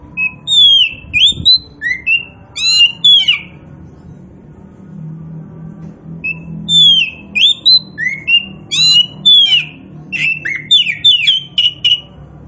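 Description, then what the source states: Oriental magpie-robin song of fluty, swooping whistles and quick clipped notes, delivered in two energetic phrases with a pause between. Kacer poci, a form of Oriental magpie-robin, described as gacor, meaning singing vigorously and often.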